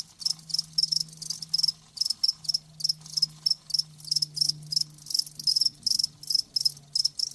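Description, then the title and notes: Crickets chirping in regular high-pitched pulse groups with brief gaps between them. Live crickets chirping, a lulling song. "Live Crickets Chirping. Enjoy the lulling song of crickets. RainManCJ"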